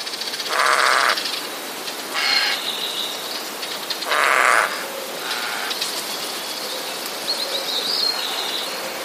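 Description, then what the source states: Eurasian jay alarm calls, three harsh rasping screeches about two seconds apart, over a steady hiss. Recorded 7 June 2014; warning call.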